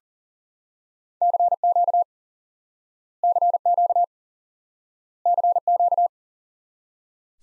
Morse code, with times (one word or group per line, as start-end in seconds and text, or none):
1.2-2.0 CQ
3.2-4.0 CQ
5.3-6.1 CQ